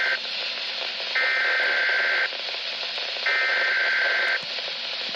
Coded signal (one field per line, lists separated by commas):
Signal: Emergency Alert System (SAME) tones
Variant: header bursts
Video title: VDB224 Required Weekly Test (8/4/21) (EAS #566)